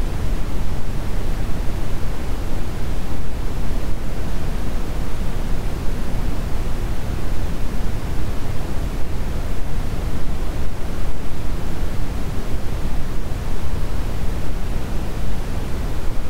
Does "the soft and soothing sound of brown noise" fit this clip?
yes